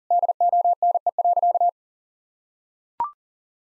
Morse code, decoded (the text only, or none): DONE.